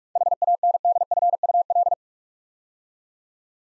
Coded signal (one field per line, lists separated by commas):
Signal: Morse code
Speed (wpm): 44 wpm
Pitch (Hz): 700 Hz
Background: none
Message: HANDFUL